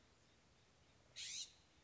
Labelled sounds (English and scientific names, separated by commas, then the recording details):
California Scrub-Jay (Aphelocoma californica)
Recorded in Sonoma County, California